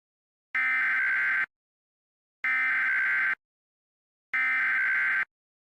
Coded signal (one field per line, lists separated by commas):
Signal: Emergency Alert System (SAME) tones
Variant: header bursts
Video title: EAS Scenario - Red Toxic Mist